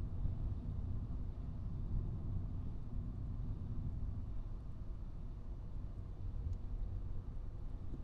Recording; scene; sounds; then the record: everyday scene through a hearing-aid microphone; in a vehicle; engine, traffic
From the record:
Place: Skoda Fabia, gasoline engine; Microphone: in the ear canal, right